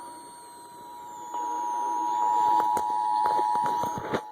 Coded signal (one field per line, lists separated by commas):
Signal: Emergency Alert System (SAME) tones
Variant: 853 and 960 Hz attention tone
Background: speech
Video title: Required Monthly Test on HOT 99.5/WIHT-FM (EAS #273)